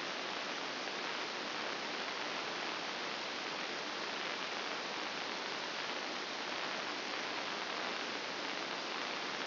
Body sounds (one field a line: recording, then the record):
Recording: brain microelectrode recording played as sound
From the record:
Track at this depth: inside the subthalamic nucleus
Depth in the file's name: 4.663 mm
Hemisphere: left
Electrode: 2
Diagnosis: Parkinson's disease